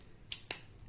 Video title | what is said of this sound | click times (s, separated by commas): How to use a Phonak Roger Touch | you hear the click, or it feels very secure. | 0.3 s, 0.5 s